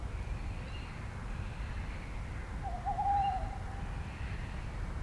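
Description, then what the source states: Tawny Owl calls once, a short level hoot-like note in the middle, over a low rumble. At night around 01:30, over the Roselière des Gourgues reedbed in Fenouillet, France; reedbed fallen silent, chorus moved into the distance, probably on the lake; sound-trap recording.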